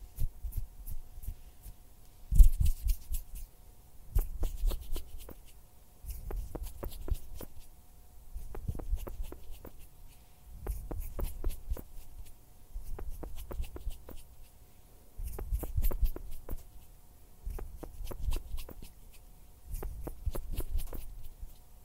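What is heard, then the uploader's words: Soft hand sounds and finger fluttering come in short bursts every couple of seconds, each a cluster of quick taps and rustles with a low thump underneath. A faint steady hum runs throughout, and a sharper knock stands out near the two-second mark. Hand sounds, finger fluttering, mouth sounds.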